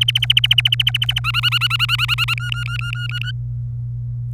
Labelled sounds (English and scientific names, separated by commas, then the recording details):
Domestic Canary (Serinus canaria) song
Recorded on 27 April 2018 at 10:26
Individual llb3